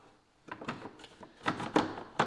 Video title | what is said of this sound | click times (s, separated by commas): Porsche Macan S Engine Air Filter Replacement - Easy Step by Step | just goes right down in there locks into place and really holds that air filter snug | 2.2 s